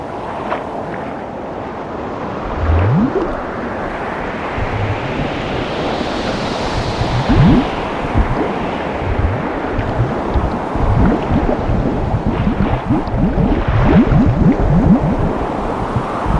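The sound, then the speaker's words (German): Steady rushing sea with waves splashing and churning, joined by scattered wooden knocks and thuds as lifeboats are lowered from a sinking ship into the water, over a constant windy roar. “Und vier weg, die Boote!”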